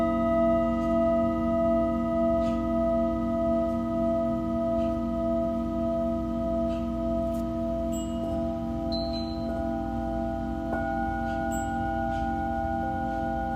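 Tibetan singing bowls hum in steady overlapping tones, low drones beneath bright sustained rings, with new strikes near eight, ten and eleven seconds.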